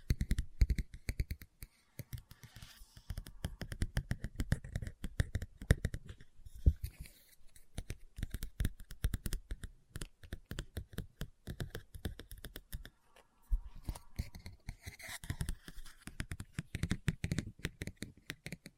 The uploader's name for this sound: Book Tapping, Scratching, Page Turning